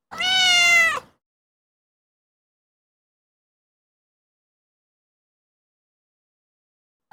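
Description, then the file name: Cat meow: one clear, harmonic-rich cry of about one second, followed by silence and the start of another meow at the very end. "A Cats Meow Long Version"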